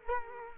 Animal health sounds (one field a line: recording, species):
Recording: mosquito wingbeat signal from an infrared sensor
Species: Culex quinquefasciatus